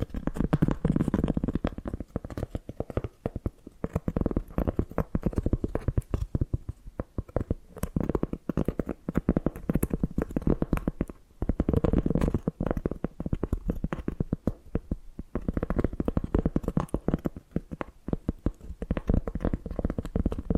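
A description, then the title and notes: Dense tapping and scratching runs almost without a break, rapid clicks layered over a warm, low rumbling texture. The sound swells in loose waves every few seconds, with a short lull near eleven seconds, and stays mostly low and muffled with occasional brighter ticks. ASMR Hypnotic Tapping and Scratching Sounds (No Talking).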